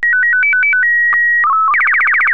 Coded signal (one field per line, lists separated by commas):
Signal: SSTV (slow-scan television)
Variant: Robot BW 8